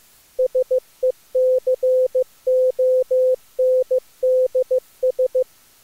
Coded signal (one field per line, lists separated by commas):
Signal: Morse code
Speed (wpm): 23 wpm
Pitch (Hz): 500 Hz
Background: none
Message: SECONDS